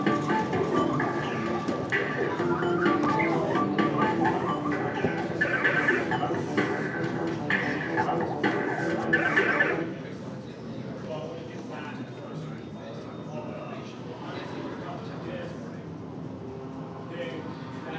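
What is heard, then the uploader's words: A walk through a busy arcade, with a dense, steady wash of chatter and game machine sounds filling the first ten seconds. Bright beeps and jingles pop out every second or so. Around ten seconds the din drops noticeably quieter, leaving softer background murmur and occasional chimes. Arcade, Games, Walk Thru by Bandeto.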